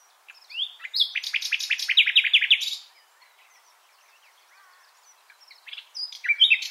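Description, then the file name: Common nightingale singing: a loud phrase of quick repeated notes lasting about two seconds, a quiet gap with faint notes, then a new phrase beginning. "Luscinia megarhynchos"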